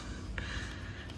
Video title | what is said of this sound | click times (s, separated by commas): Volkswagen Scirocco Horn Replacement & Foglamp LED Conversion | you see the connector right here all snaps in place | 0.4 s